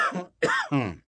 Human element male old cough.